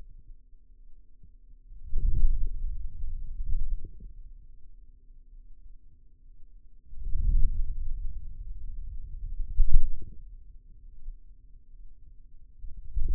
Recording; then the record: forearm muscle sounds (acoustic myography)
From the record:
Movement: wrist flexion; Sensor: system 2, bracelet of six BSWA MPA416 microphones around the upper forearm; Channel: 4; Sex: male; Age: 22 years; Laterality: right